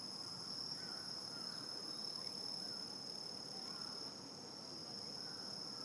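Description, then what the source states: Steady, shrill cricket trill runs without a break, with faint scattered lower notes behind it. Crickets recorded in Shibuya, Tokyo, Japan.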